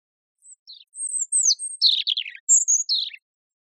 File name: Erithacus rubecula